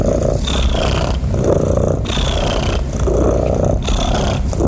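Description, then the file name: Domestic cat purring steadily, a deep continuous rumble pulsing in repeated breathing cycles roughly every second, with no break. "SOUNDS FX MASTER - Relaxing Cat Purring Sounds"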